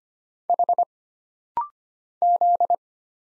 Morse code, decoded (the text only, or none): H Z